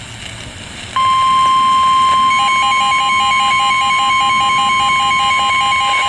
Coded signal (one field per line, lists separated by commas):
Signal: Emergency Alert System (SAME) tones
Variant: 1050 Hz attention tone